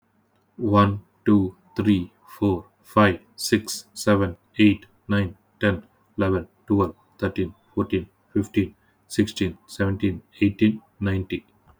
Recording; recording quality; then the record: counting at a normal pace; excellent, no background noise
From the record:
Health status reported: healthy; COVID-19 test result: negative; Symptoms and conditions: none ticked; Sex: male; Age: 34 years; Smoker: not ticked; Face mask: not worn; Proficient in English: yes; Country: India